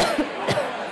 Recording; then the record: coughing mixed with background sound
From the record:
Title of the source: Coughing Woman Sound - Woman Cough Sound Effect